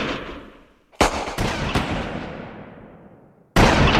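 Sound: gunshots fired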